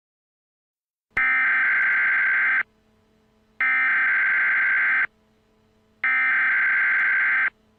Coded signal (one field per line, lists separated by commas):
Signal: Emergency Alert System (SAME) tones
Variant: header bursts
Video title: Arrowverse EAS 2: Arrow 1.23